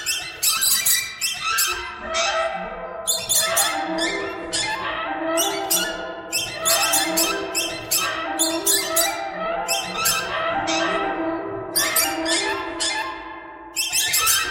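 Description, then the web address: Birds calling in a dense chorus, harsh squeaky chattering notes overlapping without pause, with bursts of louder squawks. "soundfactory birds"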